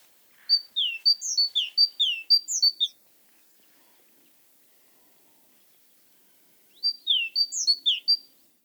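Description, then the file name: Great tit call series: a rapid burst of sharp alternating high notes lasting about two and a half seconds, then silence, then a second similar burst. "Parus major"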